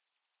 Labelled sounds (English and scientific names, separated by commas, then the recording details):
Yellowhammer (Emberiza citrinella) song
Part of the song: start
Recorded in the Czech Republic on 29 April 2013
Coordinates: 48.986, 17.799
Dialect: BC
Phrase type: A1
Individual 280715